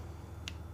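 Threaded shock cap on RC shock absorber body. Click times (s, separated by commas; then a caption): 0.5 s. A threaded shock cap is turned backwards by hand on the fine-threaded body of an RC shock absorber until the thread start drops in. A short, sharp click at 0.5 s stands out over a steady low hum. The click shows the cap is seated and lined up correctly to be screwed down.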